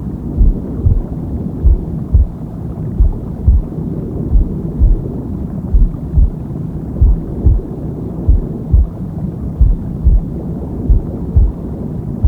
Womb Sound with Heartbeat Deep Sleep.